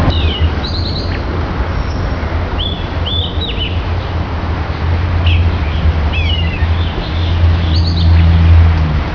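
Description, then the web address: American robin singing short whistled, slurred phrases at intervals of one to two seconds over a steady low rumble. "birdcall Mrobin"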